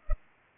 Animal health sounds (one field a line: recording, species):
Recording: mosquito wingbeat signal from an infrared sensor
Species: Culex pipiens